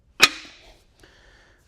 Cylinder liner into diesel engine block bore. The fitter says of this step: little twist to the left and it pops right in too. It kind of twists as you go, but